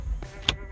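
While reinstalling the center dash panel around the car stereo of a Mitsubishi Lancer, the plastic trim panel is pressed by hand into its pressure clips in the dashboard. A faint tap at 0.2 s is followed by a sharp, bright click at 0.5 s as the panel seats into its clips.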